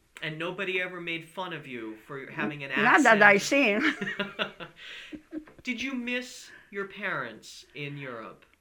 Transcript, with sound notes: And nobody ever made fun of you for having an accent?
Not that I seen.
(they laugh) Did you miss your parents in Europe?